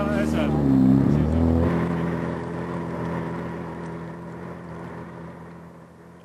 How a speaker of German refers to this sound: bis der junge Mann mit dem eleganten Motorboot das Segelschiff anschleppte